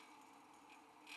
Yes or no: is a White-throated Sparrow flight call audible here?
no